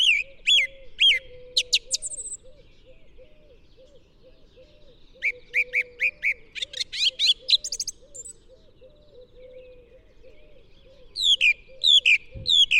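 Song thrush singing loud phrases of sharp, repeated notes with pauses between, over a steady low pulsing sound throughout.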